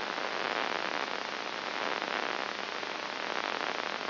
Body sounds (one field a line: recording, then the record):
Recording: brain microelectrode recording played as sound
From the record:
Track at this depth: inside the subthalamic nucleus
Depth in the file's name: 1.106 mm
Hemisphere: left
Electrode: 2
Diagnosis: Parkinson's disease